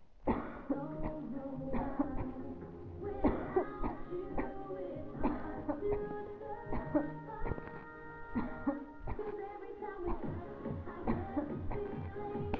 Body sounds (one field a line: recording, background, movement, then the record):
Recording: voluntary coughing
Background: music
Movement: sitting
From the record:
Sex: female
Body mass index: 22.6 kg/m2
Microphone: on the chest, facing the body